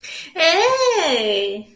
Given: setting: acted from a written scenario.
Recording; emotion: vocal sound without words; triumph